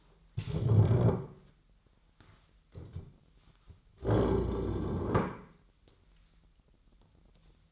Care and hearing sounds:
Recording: daily activity, microphone in the room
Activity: stand up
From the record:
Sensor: 3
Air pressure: 998.4 hPa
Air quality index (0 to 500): 130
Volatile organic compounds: 4 ppm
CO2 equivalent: 1548 ppm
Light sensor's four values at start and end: 10/25/10/11 and 14/31/14/15

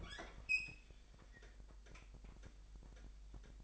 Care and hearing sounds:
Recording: daily activity, microphone in the room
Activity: open fridge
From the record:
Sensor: 5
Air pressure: 1002.0 hPa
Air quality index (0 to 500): 211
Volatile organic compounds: 22 ppm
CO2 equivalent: 2738 ppm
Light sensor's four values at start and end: 10/23/9/10 and 11/25/10/12

